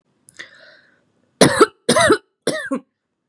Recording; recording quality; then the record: heavy voluntary cough; excellent, no background noise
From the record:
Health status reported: exposed to COVID-19, no respiratory illness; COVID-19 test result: negative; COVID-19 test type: RT-PCR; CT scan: not taken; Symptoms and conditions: none ticked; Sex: female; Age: 25 years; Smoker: no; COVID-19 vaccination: both doses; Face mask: not worn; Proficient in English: yes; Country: India